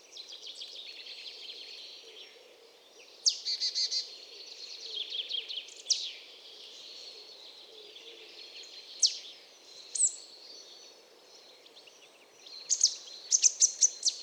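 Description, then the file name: Marsh tit calls: sharp, high downslurred notes with short bursts of quick, buzzy chattering notes, some louder and some softer, against constant background hiss. "Poecile palustris"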